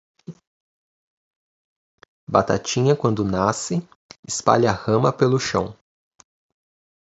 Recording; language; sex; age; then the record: short text; Brazilian Portuguese; male; 20 to 29 years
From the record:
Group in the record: control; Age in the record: 25 years